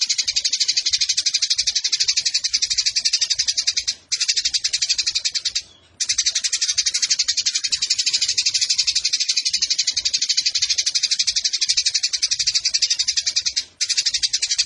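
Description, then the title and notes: Eurasian tree sparrow chattering nonstop with rapid, rasping, high-pitched notes, interrupted by a few brief gaps. Sparrow in fighting mode ('tarung') with long continuous bursts ('nembak panjang') and a clear voice, used as masteran training for competition birds. "GEREJA TARUNG NEMBAK PANJANG SUARA JERNIH MASTERAN WAJIB BURUNG LOMBA. Burung Gereja"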